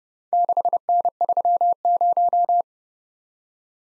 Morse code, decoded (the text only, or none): 6N30